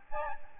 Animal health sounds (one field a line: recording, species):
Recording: mosquito wingbeat signal from an infrared sensor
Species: Aedes albopictus